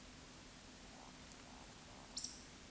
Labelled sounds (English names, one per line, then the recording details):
Eurasian Woodcock whistle
Eurasian Woodcock croak
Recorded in Baden-Württemberg, Germany, on 16 June 2021 at 20:18 UTC
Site 18672, 474 m above sea level